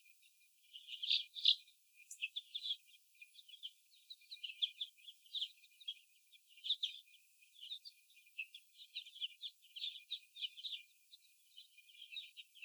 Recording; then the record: young laying hens in a cage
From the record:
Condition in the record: before the stressor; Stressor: sudden umbrella opening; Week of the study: 2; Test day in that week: 1